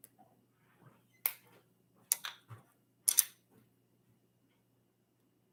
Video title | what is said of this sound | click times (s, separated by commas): Live Build, Bag 5 Mould King Venator | so this is something for the back of the ship here more technic pieces getting locked into place here | 1.3 s, 2.1 s, 3.1 s